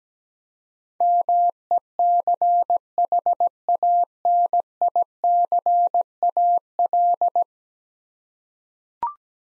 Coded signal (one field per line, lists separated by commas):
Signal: Morse code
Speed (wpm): 17 wpm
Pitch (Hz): 700 Hz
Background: none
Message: MECHANICAL